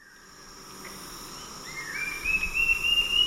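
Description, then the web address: Olivaceous woodcreeper song, a thin whistled series rising steadily in pitch and growing louder, over a steady hiss of insects. South America, eastern lowlands. "Natures Songs S America Eastern Lowlands Olivaceous Woodcreeper"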